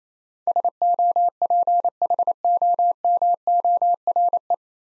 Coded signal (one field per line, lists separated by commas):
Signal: Morse code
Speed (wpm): 28 wpm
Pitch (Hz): 700 Hz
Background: none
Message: SOPHOMORE